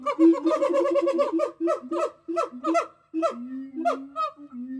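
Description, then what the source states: Gibbon calls in a rapid run of short hooting notes that slows into longer, spaced hoots with a drawn-out low note near the end. More than one gibbon.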